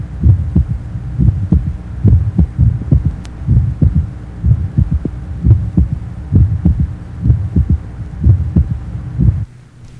Age 18, normal third heart sound, mitral area.